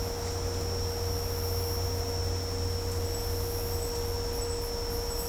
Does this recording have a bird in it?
no